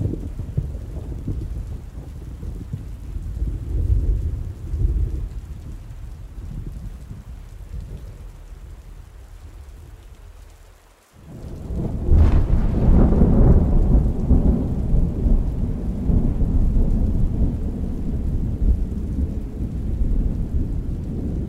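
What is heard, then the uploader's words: Deep rolling thunder rumbles low and steady through the first ten seconds, easing off before dropping almost to silence just after eleven seconds. A sharp crack breaks in around twelve seconds, followed by a louder, denser rumble with crackling texture and rain-like hiss that continues to the end. The powerful sounds of rolling thunder as it echoes through the sky. The deep rumbling and crackling sounds of the storm.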